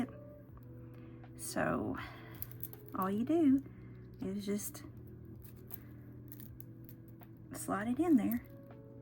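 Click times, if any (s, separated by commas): none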